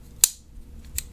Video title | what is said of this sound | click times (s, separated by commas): Leatherman Free P2 Multitool Pocketknife. Fablades Full Review | a nice click so | 0.2 s